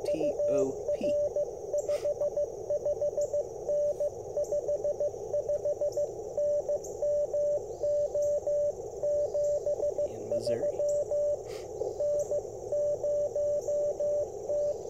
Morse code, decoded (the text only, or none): UR 55N 55N MO 73 N0T